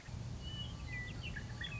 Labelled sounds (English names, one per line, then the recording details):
Western Meadowlark
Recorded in Sonoma County, California